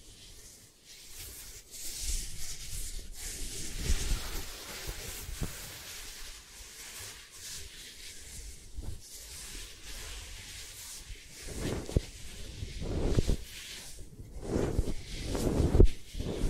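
Close-mic eye massage sounds: soft continuous scratching and rubbing with frequent light taps, growing busier and louder after about eleven seconds.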